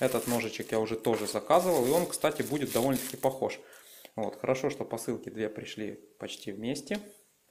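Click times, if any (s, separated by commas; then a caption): none. Someone talks while handling a second folding knife with a metal handle, its blade about to lock into the open position in the handle. Faint rubbing and shuffling sounds come through between the words. The clip ends before the blade locks, so nothing has seated or clicked yet.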